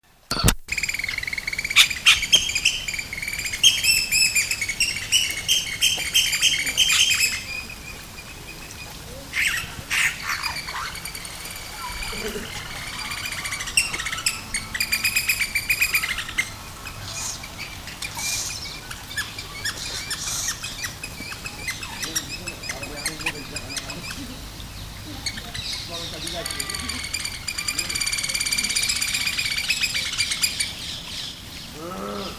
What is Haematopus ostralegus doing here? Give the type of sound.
call